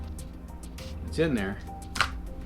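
A flight battery is pushed into the body of a DJI Spark drone while someone talks, and two quick clicks land close together at 2.0 s and 2.0 s. The battery only half clicks: it looks in place but is not actually locked, so it could pop out.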